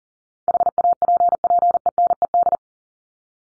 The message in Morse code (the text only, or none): HAPPENED